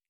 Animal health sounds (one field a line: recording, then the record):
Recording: hydrophone in a shrimp aquaculture tank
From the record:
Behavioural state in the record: feeding